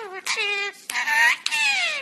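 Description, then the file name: Parrot producing harmonic tones in several phrases, some falling, with brief clicks between them. "singing parrot"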